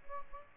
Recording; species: mosquito wingbeat signal from an infrared sensor; Aedes albopictus